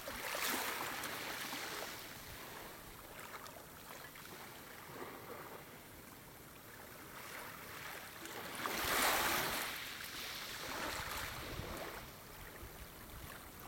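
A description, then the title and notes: Sea water washes along a beach in a steady rushing hiss, with a louder wave surging in around nine seconds amid low rumbling. The sea water on the golden beach.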